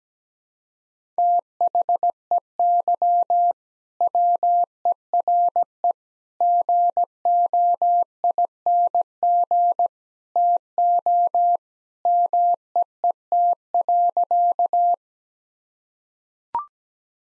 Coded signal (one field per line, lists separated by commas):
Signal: Morse code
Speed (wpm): 17 wpm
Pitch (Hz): 700 Hz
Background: none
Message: THEY WERE GOING TO MEET.